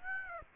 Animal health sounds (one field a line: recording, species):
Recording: mosquito wingbeat signal from an infrared sensor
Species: Aedes aegypti